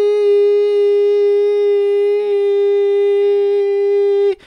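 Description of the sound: An adult voice holds a steady, high "ee" tone near 400 Hz with bright harmonics for about four seconds. It imitates tinnitus, or ringing in the ears: hearing tones that aren't really there. It mimics the very long, ongoing beeps in the head that came randomly every hour or two in childhood. Each lasted a long time, every day for years.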